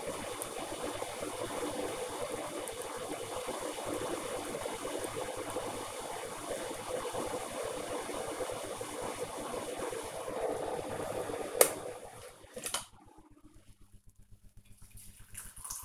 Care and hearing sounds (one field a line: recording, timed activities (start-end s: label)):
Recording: household activities, microphone on the right wrist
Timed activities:
0.00-15.85 s: making tea